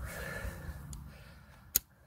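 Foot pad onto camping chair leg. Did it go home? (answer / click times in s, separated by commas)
yes / 1.8 s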